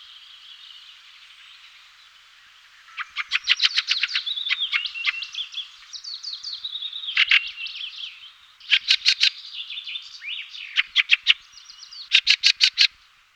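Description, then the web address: Fieldfare song: rapid rattling bursts of harsh clicks mixed with squeaky, wheezy twitters, pausing briefly between outbursts. Song, 2004. "gesang. roche 2004 wacholderdrossel"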